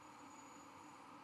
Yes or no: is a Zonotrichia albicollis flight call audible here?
no